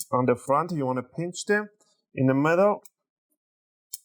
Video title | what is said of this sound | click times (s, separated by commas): How to Upgrade Storage (SSD/HDD) for HP Pavilion X360 13-u108 Laptop | in here on the right side you get those two nice Clips clicking once you're done with that | 3.9 s